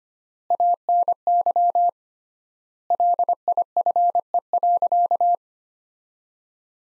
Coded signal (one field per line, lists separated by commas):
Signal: Morse code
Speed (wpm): 25 wpm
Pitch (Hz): 700 Hz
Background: none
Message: ANY LIFE.